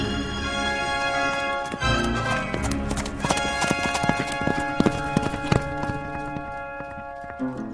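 animal, horses' hooves clip-clopping

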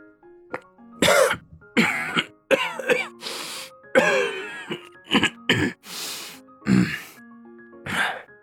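human body sound, violent coughing

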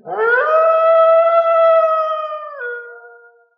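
sound effect, wolf howl sound effect

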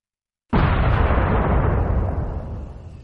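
sound effect, deafening explosion

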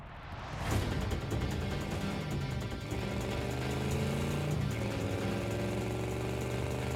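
vehicle, car engine running

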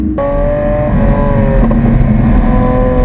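vehicle, car engine revving

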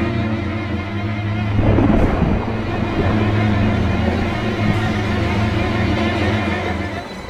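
nature, thunderstorm with rolling thunder

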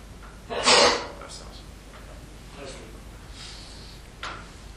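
human body sound, sneeze

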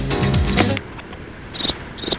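insect, cricket chirping

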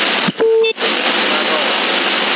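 signal or alarm, radio transmission beep

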